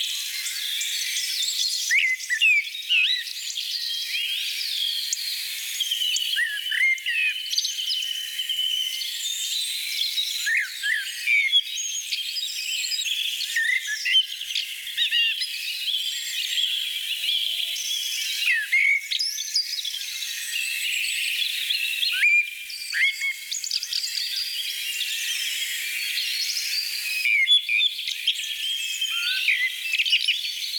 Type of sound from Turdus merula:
song